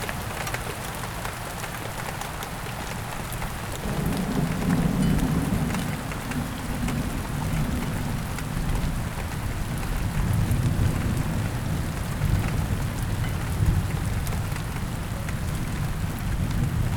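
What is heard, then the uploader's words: Rain falls steadily and densely, a constant hiss of drops with small pattering ticks throughout. Low rumbling thunder rolls in around four seconds, swells and fades, then returns from about ten seconds to the end, making the mix louder and heavier. In this episode, you will hear rain and thunder sounds.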